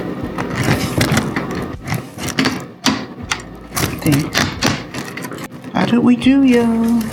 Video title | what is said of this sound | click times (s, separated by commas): How I Made Vitamin C Capsules at Home with Freeze-Dried Citrus 🍊 | It says to press evenly around, and I should hear snapping. | 1.0 s, 2.4 s, 2.9 s, 3.3 s